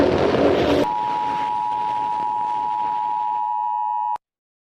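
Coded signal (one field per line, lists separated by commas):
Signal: Emergency Alert System (SAME) tones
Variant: 853 and 960 Hz attention tone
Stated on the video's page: Fictional UK EAS scenario about a viral outbreak, SCP-themed.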